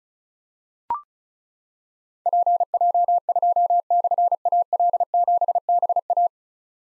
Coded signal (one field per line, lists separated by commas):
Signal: Morse code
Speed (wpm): 36 wpm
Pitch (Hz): 700 Hz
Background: none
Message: PJ2/AL7BA